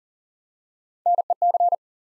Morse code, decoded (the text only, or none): NEC